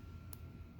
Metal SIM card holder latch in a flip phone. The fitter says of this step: you you can hear it lock right